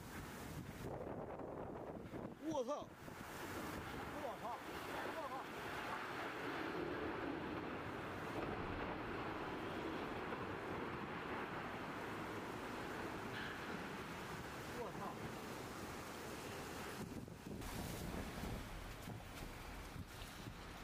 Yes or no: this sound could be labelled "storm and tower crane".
yes